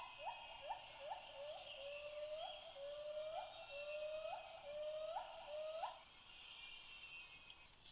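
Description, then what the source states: White-handed gibbon hoots, a series of upward-swooping notes that lengthen and slow, ending after about six seconds. Group of white-handed gibbons in Malaysian rainforest, calling after a bout of play with high-pitched hoots that boomed out over the surrounding forest.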